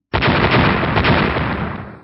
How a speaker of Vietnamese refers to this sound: Một tiếng nổ cực lớn chấn động thiên địa truyền ra, vô số kim sắc quang tuyến nổ tung, giống như là bạo vũ lê hoa bắn phóng ra từ trung tâm chấn động, thẳng thừng cắt biển lửa đỏ sậm thành vô số mảnh vụn.